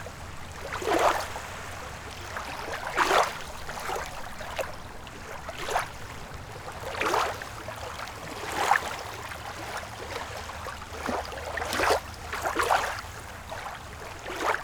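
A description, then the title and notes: Small waves splash against a shallow lakeshore, each slap arriving roughly every one to two seconds with a bright, hissing wash. Between splashes the water keeps up a soft, steady lapping, and a faint low rumble sits underneath throughout. Splashing Waves in the Shallow Lake.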